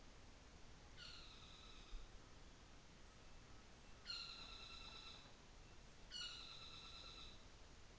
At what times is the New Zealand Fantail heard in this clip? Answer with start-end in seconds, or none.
none